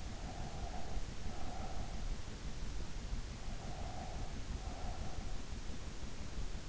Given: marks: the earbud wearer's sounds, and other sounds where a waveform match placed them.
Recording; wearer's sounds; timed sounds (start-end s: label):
sounds in sleep by an in-ear microphone; breath
0.00-2.03 s: breath
3.49-5.65 s: breath